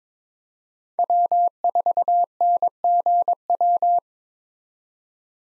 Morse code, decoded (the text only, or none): W4NGW